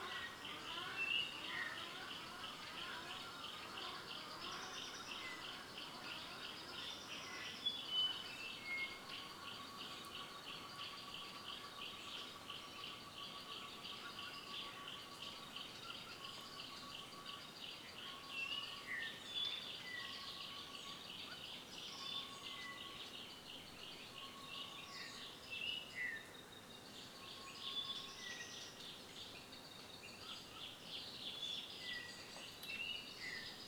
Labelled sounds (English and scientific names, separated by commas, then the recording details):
Brown-throated Wattle-eye (Platysteira cyanea)
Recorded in Kibale, Uganda